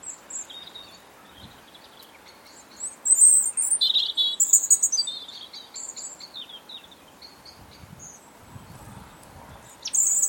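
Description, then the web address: European robin delivering a quiet, thin high song: scattered piercing notes, then a rapid tumbling warble of a couple of seconds, with soft background hiss. "Deverinetal 2025 File origin Bird Only Er Ru"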